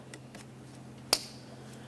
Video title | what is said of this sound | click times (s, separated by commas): How to Replace Knock Sensor 2009-2010 Pontiac Vibe | Let's plug that in and listen for a click. | 1.1 s